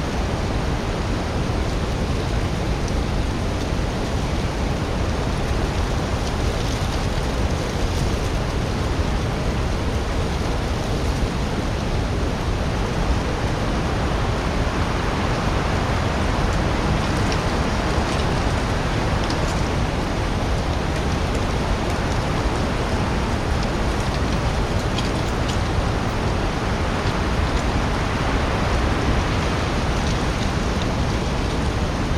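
Leaves rustle in a dense, steady wash that fills everything from the low rumble to the bright top, like wind moving through a forest. The level barely shifts over the whole stretch, with faint crisp flickers scattered through the higher register.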